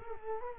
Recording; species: mosquito wingbeat signal from an infrared sensor; Culex quinquefasciatus